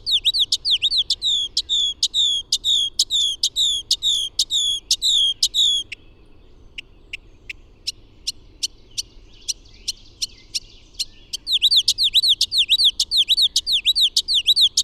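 Bird song of loud, high, ringing notes repeated rapidly in a steady series, then a pause with sparse sharp clicks, then the fast ringing series resumes.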